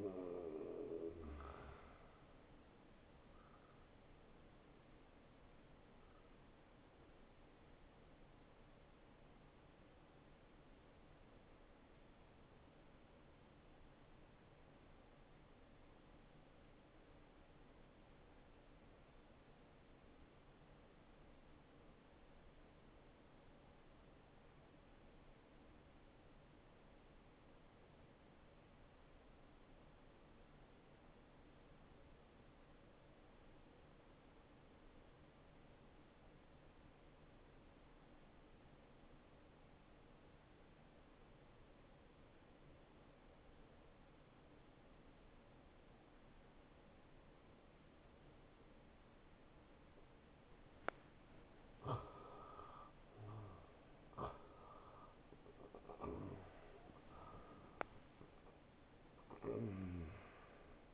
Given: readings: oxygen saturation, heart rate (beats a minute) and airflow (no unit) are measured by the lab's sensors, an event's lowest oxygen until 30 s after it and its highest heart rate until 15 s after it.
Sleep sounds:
breathing in sleep by a voice recorder at the bedside; 1
6.00-49.60 s: hypopnea (N1, oxygen 95% highest, then 85% lowest, heart rate 73 at the start, 77 highest)
From the record:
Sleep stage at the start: N1 (lightest sleep); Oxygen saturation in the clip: 83 to 95%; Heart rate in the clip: 52 to 77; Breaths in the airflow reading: 6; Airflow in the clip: -16.4 to 11.0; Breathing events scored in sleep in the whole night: 263 in 5.5 hours asleep

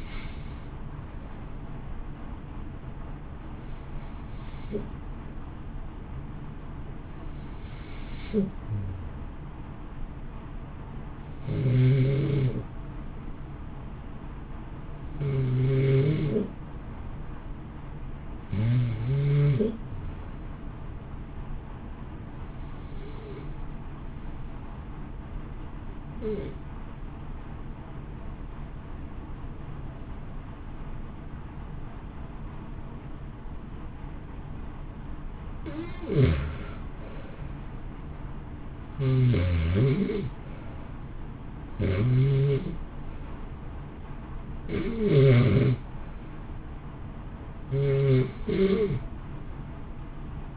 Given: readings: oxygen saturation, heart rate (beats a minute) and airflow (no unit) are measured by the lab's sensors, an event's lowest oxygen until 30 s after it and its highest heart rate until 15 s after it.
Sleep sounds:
breathing in sleep by a smartphone at the bedside; 1
20.00-45.40 s: hypopnea (REM, oxygen 95% highest, then 86% lowest, heart rate 59 at the start, 65 highest)
From the record:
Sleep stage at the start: REM sleep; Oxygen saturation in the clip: 83 to 95%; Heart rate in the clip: 58 to 65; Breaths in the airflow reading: 15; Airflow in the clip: -0.8 to 1.8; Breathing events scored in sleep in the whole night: 328 in 6.3 hours asleep

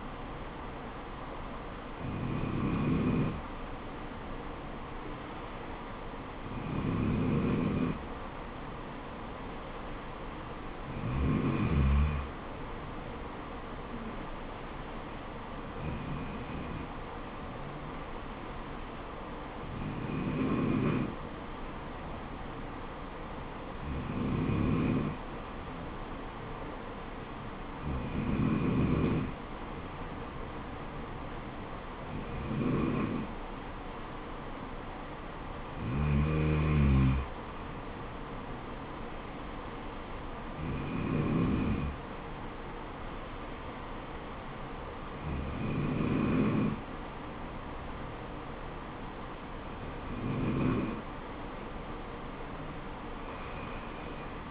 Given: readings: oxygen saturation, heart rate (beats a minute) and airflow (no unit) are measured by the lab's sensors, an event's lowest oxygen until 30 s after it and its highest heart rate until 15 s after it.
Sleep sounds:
breathing in sleep by a voice recorder at the bedside; none
none scored
From the record:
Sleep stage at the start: N2 (light sleep); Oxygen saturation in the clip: 93 to 94%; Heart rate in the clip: 66 to 75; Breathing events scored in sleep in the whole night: 426 in 7.4 hours asleep

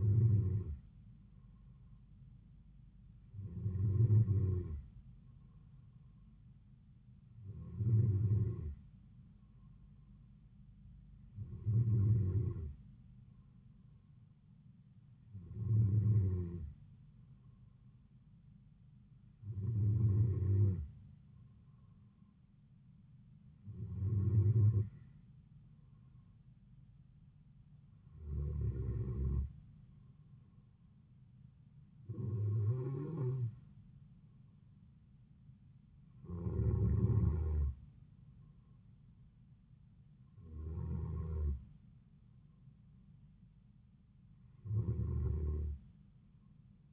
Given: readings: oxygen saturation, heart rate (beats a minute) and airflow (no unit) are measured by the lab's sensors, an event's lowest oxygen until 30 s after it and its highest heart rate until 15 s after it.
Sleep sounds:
breathing in sleep by a smartphone at the bedside; none
none scored
From the record:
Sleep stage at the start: N2 (light sleep); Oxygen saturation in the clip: 93 to 94%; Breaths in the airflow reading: 12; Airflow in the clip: -4.3 to 3.8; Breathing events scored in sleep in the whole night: 270 in 6.1 hours asleep

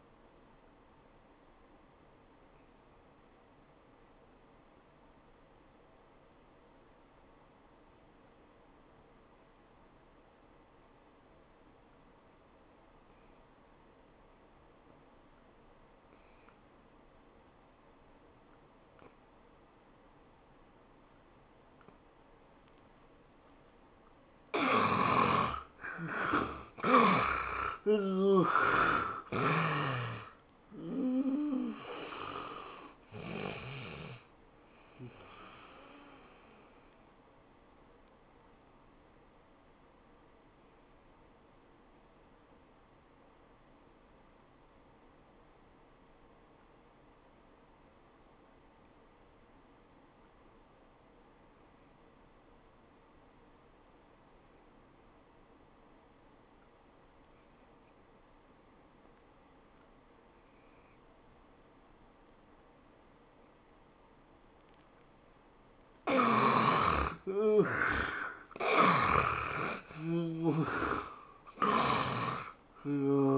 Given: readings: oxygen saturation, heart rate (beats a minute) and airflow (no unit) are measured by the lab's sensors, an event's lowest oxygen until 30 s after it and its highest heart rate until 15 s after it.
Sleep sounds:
breathing in sleep by a voice recorder at the bedside; 2
3.00-25.90 s: obstructive apnea (N1, oxygen 97% highest, then 71% lowest, heart rate 77 at the start, 101 highest)
42.00-66.80 s: obstructive apnea (N1, oxygen 95% highest, then 71% lowest, heart rate 75 at the start, 102 highest)
From the record:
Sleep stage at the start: N1 (lightest sleep); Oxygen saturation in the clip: 71 to 97%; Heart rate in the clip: 69 to 101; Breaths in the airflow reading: 8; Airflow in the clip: -18.0 to 12.4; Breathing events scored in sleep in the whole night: 403 in 5.5 hours asleep

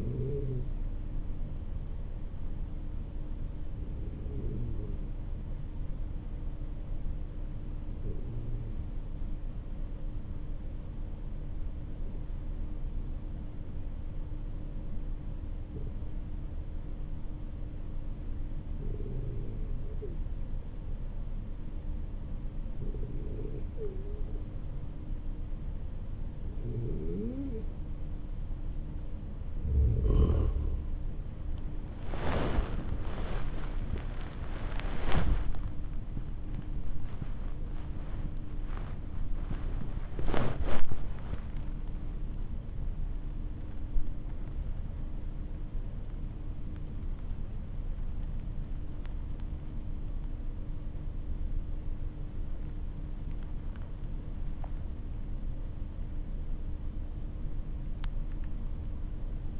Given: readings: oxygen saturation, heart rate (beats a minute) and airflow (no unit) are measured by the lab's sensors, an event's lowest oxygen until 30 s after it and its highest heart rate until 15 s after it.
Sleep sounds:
breathing in sleep by a smartphone at the bedside; 1
5.00-30.60 s: hypopnea (N2, oxygen 95% highest, then 93% lowest, heart rate 51 at the start, 80 highest)
From the record:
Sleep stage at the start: N2 (light sleep); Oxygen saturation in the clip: 91 to 96%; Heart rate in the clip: 51 to 84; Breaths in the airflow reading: 14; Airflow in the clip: -9.5 to 12.8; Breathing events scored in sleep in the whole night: 304 in 5.6 hours asleep

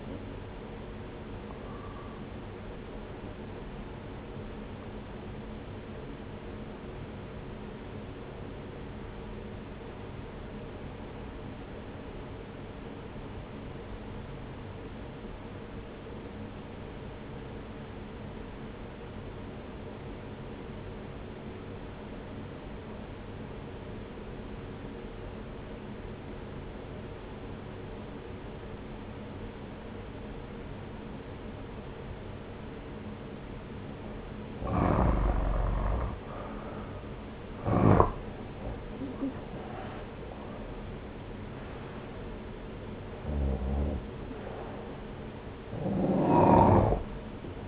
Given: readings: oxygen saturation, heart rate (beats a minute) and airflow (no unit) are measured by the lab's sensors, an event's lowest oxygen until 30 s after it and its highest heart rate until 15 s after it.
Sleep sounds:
breathing in sleep by a voice recorder at the bedside; 1
5.00-35.90 s: obstructive apnea (N1, oxygen 95% highest, then 87% lowest)
18.00-47.68 s: new sleep stage, N2 (light sleep)
From the record:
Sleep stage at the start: N1 (lightest sleep); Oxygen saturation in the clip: 87 to 95%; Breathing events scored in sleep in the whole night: 303 in 8.1 hours asleep

